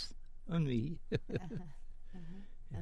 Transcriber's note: laughs